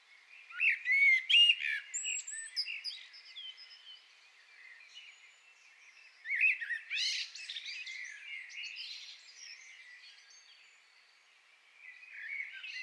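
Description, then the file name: Common blackbird delivering short bursts of clear whistles that break into high scratchy twittering, separated by softer, rambling chatter. "Turdus merula"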